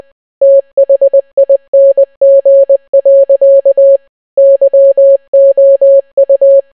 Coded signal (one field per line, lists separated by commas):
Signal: Morse code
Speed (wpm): 20 wpm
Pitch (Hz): 550 Hz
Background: none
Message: THING. YOU